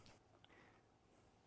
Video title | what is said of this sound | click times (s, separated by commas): Freego X2 Electric Dirt Bike Full Breakdown – Complete Parts And Features Guide | and the key to unlock it so now it's unlocked we go ahead and pull it out | 0.4 s